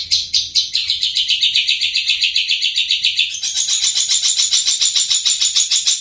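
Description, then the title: Long-tailed shrike giving a sustained rapid rattling trill of buzzy notes, steady for six seconds and shifting slightly higher in pitch midway. "cendet"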